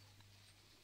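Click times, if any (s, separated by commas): 0.2 s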